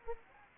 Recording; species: mosquito wingbeat signal from an infrared sensor; Anopheles arabiensis